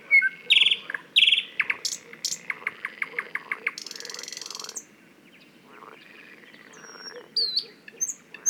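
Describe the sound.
Thrush nightingale song with loud clacking notes, a series of rapid knocking calls, a buzzy rattle, then a quieter stretch and high downslurred whistles.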